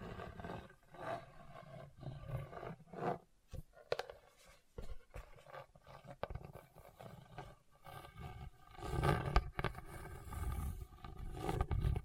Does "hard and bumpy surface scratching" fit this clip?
yes